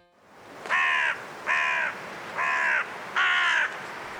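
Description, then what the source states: Carrion Crow caws: four loud, hoarse, level calls, evenly spaced, over a steady background rush of wind. Five birds calling through blustery winds in a cold woodland at dusk, Woodchester Park, Gloucestershire, England.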